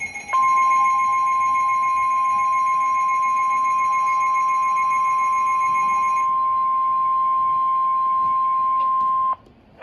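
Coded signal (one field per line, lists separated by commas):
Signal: Emergency Alert System (SAME) tones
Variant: 1050 Hz attention tone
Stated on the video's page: Two severe thunderstorm warnings from NOAA weather radio station in Columbus, Ohio.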